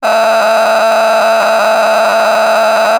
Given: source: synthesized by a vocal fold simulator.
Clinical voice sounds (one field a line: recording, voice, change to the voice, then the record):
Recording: sustained vowel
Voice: female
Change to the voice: a random mix of aspiration noise, stiffness perturbation and strain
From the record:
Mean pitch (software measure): 221 Hz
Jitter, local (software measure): 4.61%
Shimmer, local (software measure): 9.5%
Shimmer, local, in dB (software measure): 0.88 dB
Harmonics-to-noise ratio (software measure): 6.7 dB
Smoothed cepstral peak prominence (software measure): 9.7 dB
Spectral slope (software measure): -15.5 dB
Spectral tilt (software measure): -8.9 dB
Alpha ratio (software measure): -6.1 dB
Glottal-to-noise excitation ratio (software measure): 0.893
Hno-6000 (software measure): 1.7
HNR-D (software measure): 25.8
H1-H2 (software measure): -1.0 dB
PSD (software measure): 1.9e-03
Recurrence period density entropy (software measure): 0.132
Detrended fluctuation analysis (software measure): 0.0107